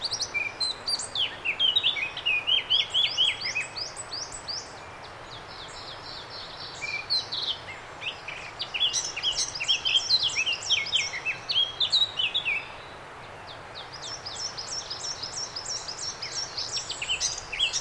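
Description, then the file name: Eurasian blackcap singing in several rich warbled bursts of quick, twisting notes separated by quieter pauses, with a steady soft hiss beneath. "Sylvia atricapilla"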